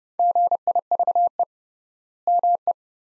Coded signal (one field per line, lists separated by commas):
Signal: Morse code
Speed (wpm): 30 wpm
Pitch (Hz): 700 Hz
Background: none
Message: GIVE ME